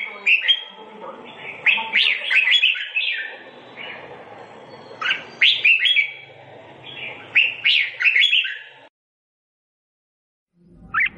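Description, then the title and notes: Sooty-headed bulbul song: bright, bubbling whistled phrases in bursts, several quick notes each, separated by brief pauses, then a silent gap before one last note. Described as "gacor", a term for a bird singing vigorously and continuously. "kutilang gacor"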